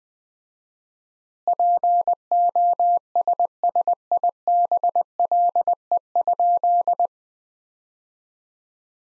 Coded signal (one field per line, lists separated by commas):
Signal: Morse code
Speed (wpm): 21 wpm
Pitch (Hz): 700 Hz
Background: none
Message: POSSIBLE?